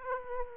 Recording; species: mosquito wingbeat signal from an infrared sensor; Aedes aegypti